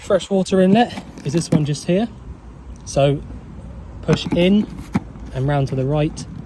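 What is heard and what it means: A freshwater inlet cap is handled at the filler inlet of an Autosleeper Inca motorhome, being pushed in and turned to the right, while someone talks throughout. Nothing has seated or clicked yet; the clip ends before the cap locks into place.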